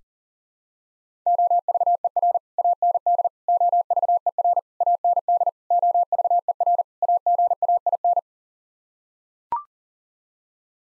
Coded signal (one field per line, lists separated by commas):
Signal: Morse code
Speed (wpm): 37 wpm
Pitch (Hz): 700 Hz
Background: none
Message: OVER AND OVER AND OVER AGAIN